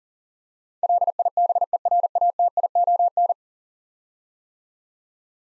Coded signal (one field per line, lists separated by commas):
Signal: Morse code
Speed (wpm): 40 wpm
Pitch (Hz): 700 Hz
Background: none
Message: LIBERATION